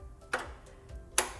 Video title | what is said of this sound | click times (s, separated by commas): Truffly Made Universal Depositor Set up tutorial. | Connect to the base and make sure you hear that click. | 1.2 s